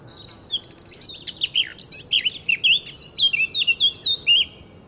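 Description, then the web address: Eurasian blackcap song: a rapid scratchy warble that brightens into a run of loud, clear fluted whistles. "SETE data Sylvia atricapilla"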